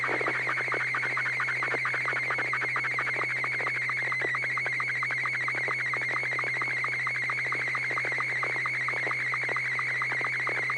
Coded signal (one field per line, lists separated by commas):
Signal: SSTV (slow-scan television)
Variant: Martin 2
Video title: N6NA SSTV Net - 02/14/2024